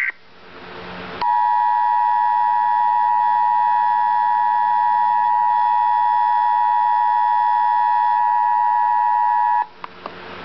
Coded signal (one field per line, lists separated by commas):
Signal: Emergency Alert System (SAME) tones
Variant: 853 and 960 Hz attention tone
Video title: Real EAS Alert #27 - Severe Thunderstorm Warning